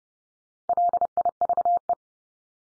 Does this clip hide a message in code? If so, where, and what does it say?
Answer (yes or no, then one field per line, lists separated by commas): yes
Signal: Morse code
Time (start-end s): 0.7-1.9 s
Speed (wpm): 30 wpm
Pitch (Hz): 700 Hz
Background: none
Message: LIVE